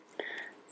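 A plastic piece of an Engino Inventor 8-in-1 Industrial Models building toy is pushed into the model frame until it clips into place on one side. A sharp click sounds at 0.2 s, followed by a brief ringing tone that fades by about 0.5 s. The piece is seated.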